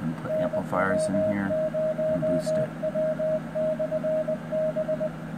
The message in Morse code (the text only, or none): NW0W/B